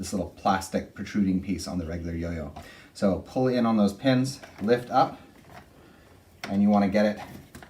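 On a Babyzen Yoyo2 stroller with the brakes applied, a spring-pin bassinet/base adapter is lifted toward the stroller frame with its pins pulled in, lining up its ridge over the small plastic protruding piece. Someone talks throughout, with a couple of faint handling ticks near the end. Nothing has seated or clicked yet; the spring pins have not snapped into the frame holes.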